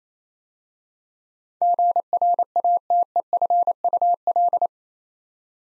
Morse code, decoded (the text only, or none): GRATEFUL